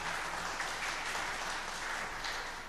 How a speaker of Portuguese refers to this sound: Quem nos visita pela primeira vez? Glória a Deus. A igreja pode aplaudir essas vidas? Glória a Deus.